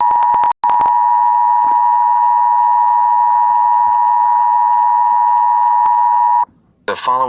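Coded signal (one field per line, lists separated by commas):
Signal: Emergency Alert System (SAME) tones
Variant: 853 and 960 Hz attention tone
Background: speech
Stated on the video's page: Fictional EAS scenario about an arriving black hole; simulated, not a real broadcast.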